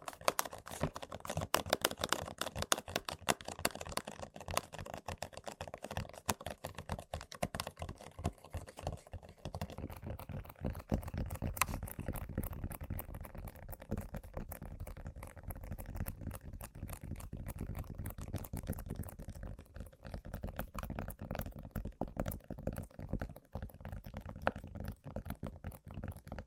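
Tapping and scratching on random objects, a dense, irregular stream of quick clicks and taps that sounds much like typing. The first ten seconds are busier and brighter, then the taps turn softer and lower. A faint scratchy rustle runs underneath throughout.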